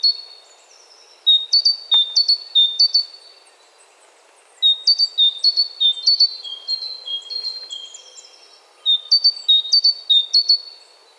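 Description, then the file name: Great tit singing bright, ringing two-note phrases, high then lower, in bursts of repeated see-saw notes separated by short pauses; quiet ambient hiss beneath. "Parus major"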